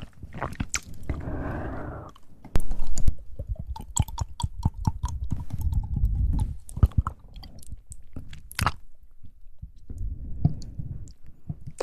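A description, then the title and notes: Wet mouth sounds with quick clicks and smacks, plus soft chewing and crunching textures, busiest in the first half. ASMR Tingly Mouth Sounds.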